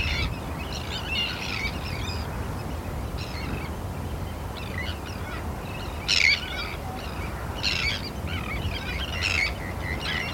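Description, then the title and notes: Terns calling, harsh scratchy cries in scattered bursts, over a constant hiss of rain and low rumble. Calls of terns recorded from a wooden bird hide at a nature reserve in Cumbria in autumn rain. "listen to the exotic cries of terns at RSPB Hodbarrow nature reserve in Cumbria"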